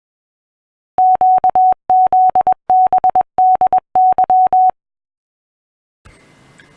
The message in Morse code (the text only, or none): QZBDY